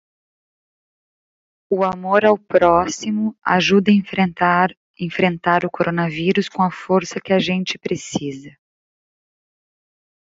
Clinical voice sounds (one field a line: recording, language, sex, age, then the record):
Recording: spoken sentence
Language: Brazilian Portuguese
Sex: female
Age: 40 to 49 years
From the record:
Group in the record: control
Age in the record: 40 years